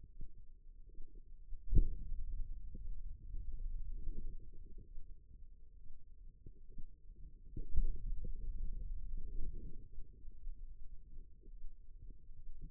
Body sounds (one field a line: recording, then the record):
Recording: forearm muscle sounds (acoustic myography)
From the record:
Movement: finger pinch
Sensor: system 2, bracelet of six BSWA MPA416 microphones around the upper forearm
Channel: 4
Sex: female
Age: 25 years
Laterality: right